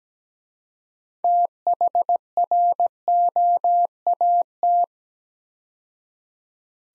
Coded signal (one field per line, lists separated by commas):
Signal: Morse code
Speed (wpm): 17 wpm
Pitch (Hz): 700 Hz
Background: none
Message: THROAT